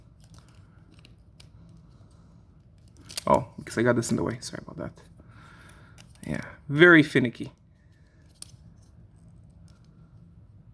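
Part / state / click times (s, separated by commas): plastic toy part latching onto the transforming figure / seated / 8.4 s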